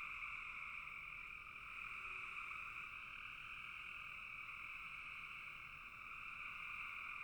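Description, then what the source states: Dense frog chorus, many overlapping trills merging into a steady high buzz. Frogs in a bog.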